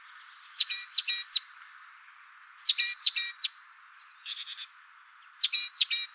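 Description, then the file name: Great tit calls in three quick bursts of three or four scratchy, ringing notes, over a steady hiss, with one softer, fainter cluster in between. "Parus major"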